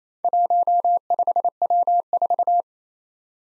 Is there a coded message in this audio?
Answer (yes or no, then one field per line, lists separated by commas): yes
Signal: Morse code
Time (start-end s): 0.2-2.6 s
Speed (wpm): 29 wpm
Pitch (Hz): 700 Hz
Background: none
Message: 15W4